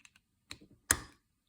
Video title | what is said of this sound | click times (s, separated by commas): Umarex TP50 Compact Gen2 Reassembly (Part 2) | Now, it's locked into place. | 0.9 s